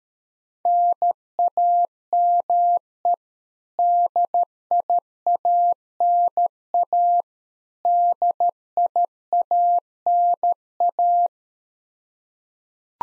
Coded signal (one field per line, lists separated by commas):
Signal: Morse code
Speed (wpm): 13 wpm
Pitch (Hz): 700 Hz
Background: none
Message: NAME DIANA DIANA